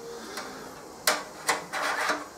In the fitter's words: zu montieren einfach drunters schieben das rastet ein und dann ist er fest